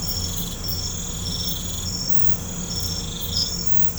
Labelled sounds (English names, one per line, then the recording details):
none
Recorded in pastures near Puerto Asís, Putumayo, Colombia, on 16 December 2024 at 00:30
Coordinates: 0.505, -76.324
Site G063